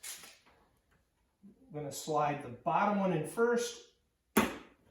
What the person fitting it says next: You heard that little click, that's about it.